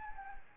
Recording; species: mosquito wingbeat signal from an infrared sensor; Anopheles gambiae